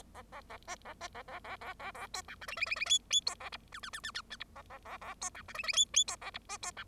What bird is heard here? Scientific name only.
Lonchura striata domestica